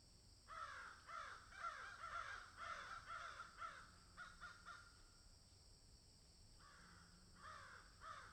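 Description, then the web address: Crows cawing, a long flurry of harsh overlapping caws, a quiet gap, then more caws, over continuous high hiss. Crows cawing in a field. "Debarup Travel Films - Crows Caw in Field"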